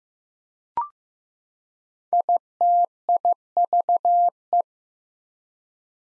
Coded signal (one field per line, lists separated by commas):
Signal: Morse code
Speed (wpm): 15 wpm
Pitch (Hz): 700 Hz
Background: none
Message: ITIVE